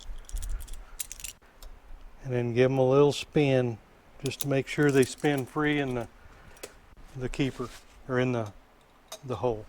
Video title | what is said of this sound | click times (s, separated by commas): Yamaha AT-1 to CT-1 engine assembly part 4 | and i put them in with a little pair of vice grips until i hear them click | 1.0 s